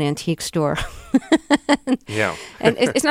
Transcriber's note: soundbite of laughter